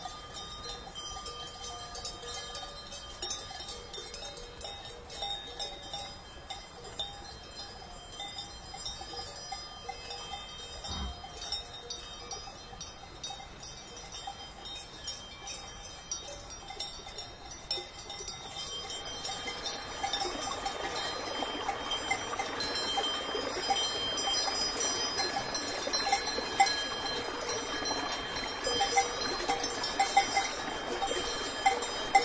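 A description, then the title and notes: Cows are driven along a mountain road, their bells ringing in a steady, crisp jangle throughout. For the first twenty seconds the clanking is softer and sparser, then it grows louder and denser as more bells crowd in, with a single dull knock near eleven seconds. Driving cows on the mountain road, crisp bells.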